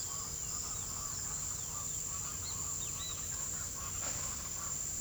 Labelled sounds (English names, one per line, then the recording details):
Speckled Chachalaca
Great Kiskadee
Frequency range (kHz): Speckled Chachalaca 0.2-2.8 kHz; Great Kiskadee 2.3-5.0 kHz
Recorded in pastures near Puerto Asís, Putumayo, Colombia, on 20 February 2024 at 08:00
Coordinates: 0.486, -76.323
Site G6462